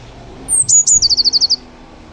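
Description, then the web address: Eurasian blue tit song, two high thin introductory notes followed by a fast trill of even notes, very high pitched. "cianscape birddata Deverinetal 2025"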